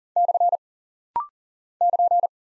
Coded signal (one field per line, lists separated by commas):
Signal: Morse code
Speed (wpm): 39 wpm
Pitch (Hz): 700 Hz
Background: none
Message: / <KN>